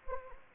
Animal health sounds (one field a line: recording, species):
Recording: mosquito wingbeat signal from an infrared sensor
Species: Anopheles gambiae